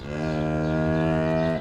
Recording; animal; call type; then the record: contact call of a hoofed animal; cattle; low-frequency (closed-mouth) or high-frequency (open-mouth) call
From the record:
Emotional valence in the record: negative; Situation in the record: full separation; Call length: 1.61 s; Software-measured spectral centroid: 1330 Hz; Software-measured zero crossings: 980 a second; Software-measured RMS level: -24 dBFS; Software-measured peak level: -12 dBFS